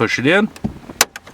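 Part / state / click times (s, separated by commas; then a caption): center dash trim panel into dashboard / seated / 1.0 s. Someone talks, and then a center dash trim panel on a 1991 Buick is pushed into the dashboard until its plastic clips click. A sharp click at 1.0 s seats the panel, followed by a few fainter ticks. The panel is firmly in place.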